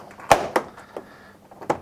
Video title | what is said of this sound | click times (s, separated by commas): Ultraframe Gutter Installation Video | you hear them click you | 0.3 s, 0.6 s